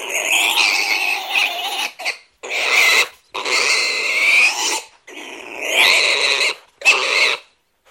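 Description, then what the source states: Pig squealing in several harsh, noisy bursts of well under a second to two seconds, separated by short silences, rising and falling in loudness. Adult female pig, a sow.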